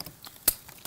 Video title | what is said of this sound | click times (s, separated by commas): BFULL 100FT 30M Expandable Garden Hose with 10-Function Spray Gun! | has this nice clicky system right here so it will just click | 0.5 s